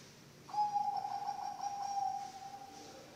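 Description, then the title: Zebra dove song, one softer stuttering coo phrase on a level pitch, trailing off over about two seconds amid light hiss. Bangkok-type zebra dove (perkutut) song, used for training other birds (masteran) and as a lure (pancingan). "mster Mnuk. SUARA OCEHAN BURUNG PERKUTUT BANGKOK Untuk MASTERAN dan PANCINGAN"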